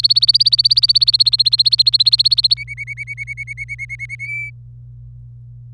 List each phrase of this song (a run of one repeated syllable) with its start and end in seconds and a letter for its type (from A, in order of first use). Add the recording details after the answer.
0.00-2.54 A, 2.57-4.16 B, 4.20-4.50 C. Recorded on 25 April 2018 at 16:38. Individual llb3